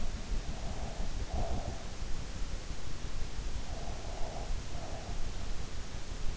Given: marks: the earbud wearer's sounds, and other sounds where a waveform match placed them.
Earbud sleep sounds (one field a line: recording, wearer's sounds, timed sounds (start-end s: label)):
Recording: sounds in sleep by an in-ear microphone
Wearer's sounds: breath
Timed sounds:
0.34-1.99 s: breath
3.44-5.36 s: breath